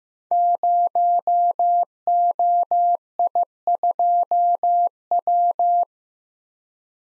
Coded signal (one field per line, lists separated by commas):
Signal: Morse code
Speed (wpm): 15 wpm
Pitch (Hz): 700 Hz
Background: none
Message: 0OI2W